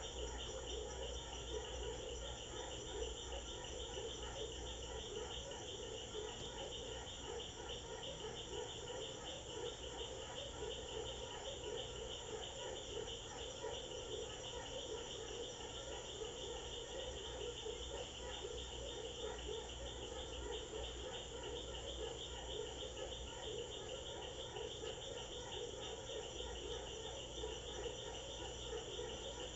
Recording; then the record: honeybee defence experiment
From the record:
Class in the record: control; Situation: empty test tube, no live specimens